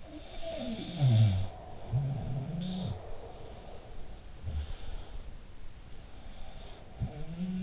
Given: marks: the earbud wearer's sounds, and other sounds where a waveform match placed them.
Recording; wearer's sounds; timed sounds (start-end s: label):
sounds in sleep by an in-ear microphone; breath
0.00-3.10 s: sound from someone else or the room
3.16-4.32 s: breath
4.39-5.40 s: sound from someone else or the room
6.06-7.62 s: sound from someone else or the room